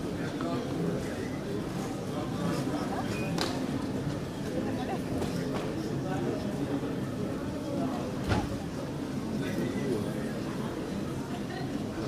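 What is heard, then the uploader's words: An airport terminal as shops and restaurants open and passengers file in: a dense, steady murmur of overlapping voices fills the space. Brief clicks and clatters cut through now and then, with a sharper knock near eight seconds. Waiting in Terminal 3 At The Ft.Lauderdale Airport. It's an early morning flight so you will hear sounds of shops and restaurants starting to open as passengers file their way in.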